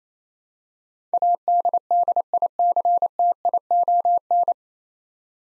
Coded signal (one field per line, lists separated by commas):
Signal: Morse code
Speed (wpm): 28 wpm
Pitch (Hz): 700 Hz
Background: none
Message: ADDICTION